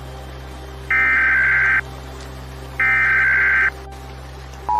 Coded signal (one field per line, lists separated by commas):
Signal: Emergency Alert System (SAME) tones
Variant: header bursts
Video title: U.S. Retaliates in WW3 Attack | EAS Fictional Alert Broadcast